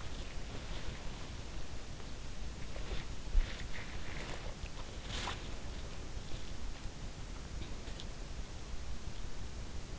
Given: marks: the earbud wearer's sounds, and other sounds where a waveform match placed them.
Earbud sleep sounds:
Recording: sounds in sleep by an in-ear microphone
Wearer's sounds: body movement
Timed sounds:
0.00-8.52 s: body movement

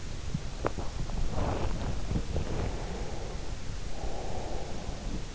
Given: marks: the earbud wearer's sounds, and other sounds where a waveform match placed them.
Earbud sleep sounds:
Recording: sounds in sleep by an in-ear microphone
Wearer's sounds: body movement, breath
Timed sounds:
0.41-2.92 s: body movement
2.75-5.35 s: breath

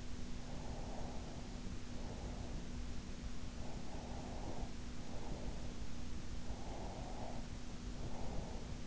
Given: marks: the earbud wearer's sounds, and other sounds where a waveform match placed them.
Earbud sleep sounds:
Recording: sounds in sleep by an in-ear microphone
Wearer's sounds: breath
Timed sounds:
0.34-2.83 s: breath
3.58-5.93 s: breath
6.40-8.87 s: breath

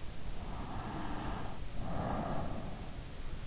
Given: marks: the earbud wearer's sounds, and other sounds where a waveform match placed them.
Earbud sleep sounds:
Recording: sounds in sleep by an in-ear microphone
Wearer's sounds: breath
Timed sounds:
0.34-3.14 s: breath

